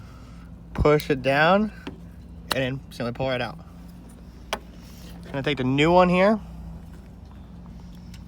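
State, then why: Not seated. A new halogen headlight bulb for a 2014 Chevy Cruze is handled near its headlight socket while someone talks, with a sharp tap at about 4.5 s and a few faint ticks toward the end. Nothing has seated or clicked into the socket yet.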